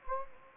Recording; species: mosquito wingbeat signal from an infrared sensor; Anopheles gambiae